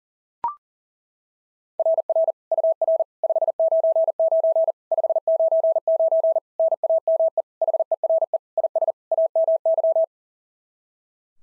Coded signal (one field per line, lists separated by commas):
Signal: Morse code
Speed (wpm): 40 wpm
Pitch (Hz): 660 Hz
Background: none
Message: RR UR 599 599 NAME HERE IS AMY